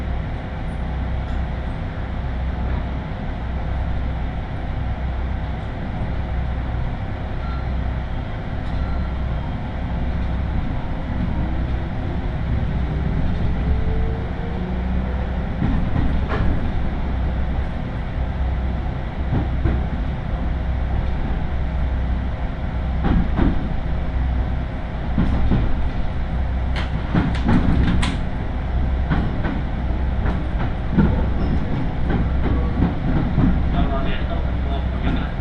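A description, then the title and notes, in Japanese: A Tokaido Line local train from Toyohashi toward Nishi-Okazaki rolls along with a steady, dense low rumble and a constant hum throughout. From about 15 seconds, sharp clanks and rattles from the wheels and cars come through, clustering around 25 to 30 seconds. 東海道本線各駅停車 豊橋→西岡崎。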